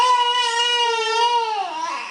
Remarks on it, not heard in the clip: A drawn-out groaning sound with emphasis on the R. It means your baby has some bowel discomfort, probably from lower gas. This sound comes from the tummy. If you breathe in and then push the air out with a tensed-up belly, you'll get this groan. It sounds like trying to push out a poo, because that's basically what the reflex is doing.